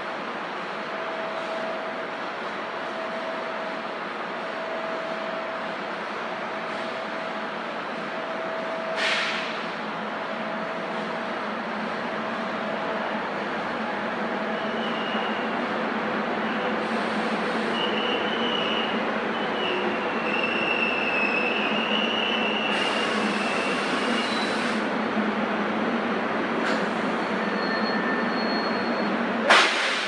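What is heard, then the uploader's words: A train platform with a steady, dense rumble and hiss filling the space throughout. A faint steady hum sits underneath, and high squeals and brief screeches rise from around fifteen seconds on, with sharp clanks near nine and thirty seconds. Suburban Station train platform, 15th Street and JFK Boulevard.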